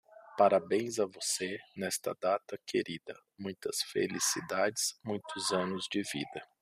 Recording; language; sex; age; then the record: short text; Brazilian Portuguese; male; 40 to 49 years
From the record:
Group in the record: control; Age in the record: 46 years